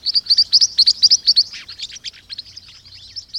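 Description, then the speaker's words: Green-rumped Parrotlet calls: bright, high chirps in a quick series of paired notes, then softer, scratchier chatter. Chicks learn sound building blocks from their parents and pass them to younger siblings; each chick's call differs slightly from its sibling's, possibly serving as a name. "The chicks of green-rumped parrotlets appear to learn specific building blocks of sound from their parents, and then help pass these down to younger siblings."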